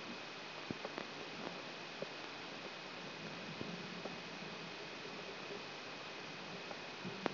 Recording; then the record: brain microelectrode recording played as sound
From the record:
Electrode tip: outside the subthalamic nucleus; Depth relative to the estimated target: -8 mm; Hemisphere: right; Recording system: AlphaMap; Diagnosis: Parkinson's disease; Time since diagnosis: 11 years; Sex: male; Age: 66 years